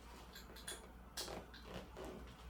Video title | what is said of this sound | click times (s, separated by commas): Delivering the Tanner Appliance | okay now you heard that snap in really nicely | 0.7 s, 1.2 s